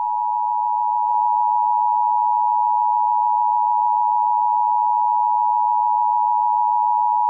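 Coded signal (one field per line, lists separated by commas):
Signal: Emergency Alert System (SAME) tones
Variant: 853 and 960 Hz attention tone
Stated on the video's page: Not a real alert.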